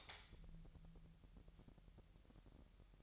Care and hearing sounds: daily activity, microphone in the room; light on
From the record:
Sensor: 3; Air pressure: 1001.9 hPa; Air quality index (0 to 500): 244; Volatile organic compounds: 46 ppm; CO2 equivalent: 3245 ppm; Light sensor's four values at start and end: 6/13/5/5 and 12/32/14/13

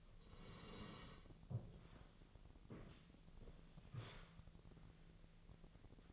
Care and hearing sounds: daily activity, microphone in the room; sit down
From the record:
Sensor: 4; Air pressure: 1001.3 hPa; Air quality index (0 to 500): 182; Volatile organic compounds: 2 ppm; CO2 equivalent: 1308 ppm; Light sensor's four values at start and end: 14/33/13/14 and 14/33/13/14

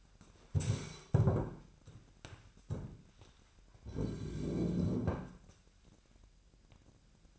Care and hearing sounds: daily activity, microphone in the room; stand up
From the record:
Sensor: 2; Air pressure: 998.4 hPa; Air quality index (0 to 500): 127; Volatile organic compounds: 3 ppm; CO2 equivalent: 1434 ppm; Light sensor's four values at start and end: 6/14/6/6 and 6/13/5/6

